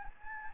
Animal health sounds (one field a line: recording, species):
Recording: mosquito wingbeat signal from an infrared sensor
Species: Anopheles gambiae